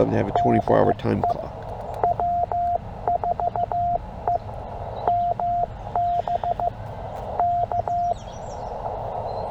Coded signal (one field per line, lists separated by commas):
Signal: Morse code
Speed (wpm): 14 wpm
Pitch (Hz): 700 Hz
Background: speech, radio noise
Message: DE W4EMB K